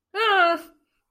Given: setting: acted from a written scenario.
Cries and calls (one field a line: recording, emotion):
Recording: vocal sound without words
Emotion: fear